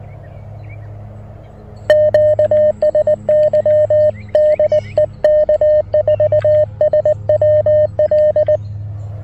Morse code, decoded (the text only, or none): QSY DE K4SWL